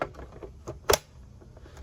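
A plastic ammo box is refitted onto the mount of a Nerf Vulcan EBF-25 toy foam-dart blaster. Faint ticks and rattles lead up to a sharp, bright click at 0.9 s as the box snaps home. It is seated and locked in place.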